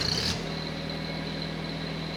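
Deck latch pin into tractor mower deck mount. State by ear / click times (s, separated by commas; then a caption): not seated / none. A Mahindra 1100 Series tractor runs while its belly mower deck is raised on the hydraulics so the spring-loaded deck latch pin can latch into the mower deck mount and lock the deck on. A louder, rough burst of engine noise fills the first 0.3 seconds, then settles into a steady idle hum with a low drone and a thin high whine. Nothing has seated or clicked yet.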